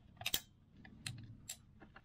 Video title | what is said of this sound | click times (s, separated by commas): Timing Belt and Big Service - Land Rover Discovery 4 SDV6 / S5-Ep10 | oh did you hear the click yeah that's a home stretch | 0.3 s, 1.1 s